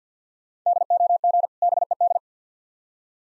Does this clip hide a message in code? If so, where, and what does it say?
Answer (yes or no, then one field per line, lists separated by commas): yes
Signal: Morse code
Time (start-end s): 0.7-2.2 s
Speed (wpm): 50 wpm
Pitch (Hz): 700 Hz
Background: none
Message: DOG BED